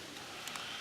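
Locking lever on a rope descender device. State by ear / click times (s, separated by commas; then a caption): seated / 0.5 s. The locking lever on a rope rescue descender is pulled all the way down and gives a short, sharp click at 0.5 s over a steady background hiss. The lever is now locked, so the rope no longer feeds through the device, allowing hands-free work during the rescue.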